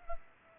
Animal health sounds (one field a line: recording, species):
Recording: mosquito wingbeat signal from an infrared sensor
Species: Culex pipiens